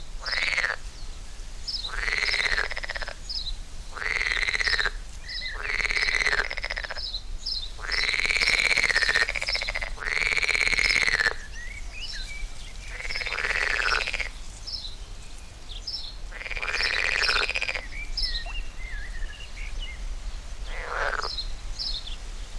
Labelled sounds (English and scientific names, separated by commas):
Edible Frog (Pelophylax esculentus) call